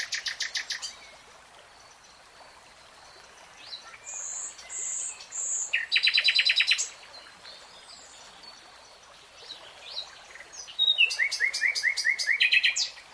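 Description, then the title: Nightingale song with several phrases separated by pauses: rapid high rattling notes, buzzy held tones, and a final long run of quick repeated notes. Nightingale singing, in a 3-hour real-time recording. "[Tiếng chim hót] Nightingale Singing"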